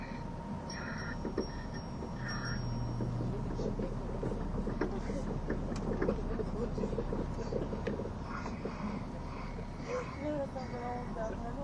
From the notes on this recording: the train on the Gotthard Tobasis Tunnel route